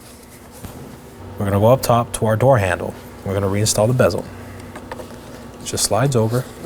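Someone talks while the plastic interior door handle bezel is slid over the handle on the interior door panel of a 2013-2019 Nissan Sentra, being reinstalled after replacing the rear window motor and regulator assemblies. Two brief handling sounds occur near 4.8 s and 4.9 s. Nothing has seated or clicked yet.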